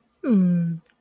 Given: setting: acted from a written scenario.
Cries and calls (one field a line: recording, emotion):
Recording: vocal sound without words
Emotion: adoration